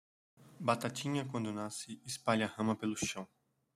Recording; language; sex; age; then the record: short text; Brazilian Portuguese; male; 30 to 39 years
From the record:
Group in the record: control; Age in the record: 30 years